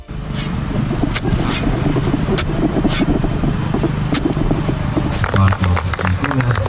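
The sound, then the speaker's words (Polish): A shovel repeatedly digs into the ground at the construction site of the city stadium in Katowice, each stroke a gritty crunch over steady rumbling noise, with voices talking over the digging toward the end. “Ten odgłos wkopywania łopaty powinien być chyba nagrany i puszczany w różnych środkach przekazu, tramwajach, autobusach, żeby ludzie w Katowicach dowiedzieli się, że za 36 miesięcy powstanie stadion.”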